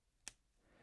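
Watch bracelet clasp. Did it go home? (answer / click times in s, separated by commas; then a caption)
yes / 0.3 s. The metal watch bracelet clasp, a flip lock on a Manilone S1 blue fumé enamel dial watch, is pressed closed and snaps shut with one sharp, bright click at 0.3 s. A quiet low background follows, and the clasp is seated and locked.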